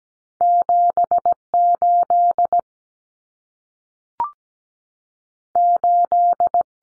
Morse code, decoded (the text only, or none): 78 8